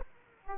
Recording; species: mosquito wingbeat signal from an infrared sensor; Aedes aegypti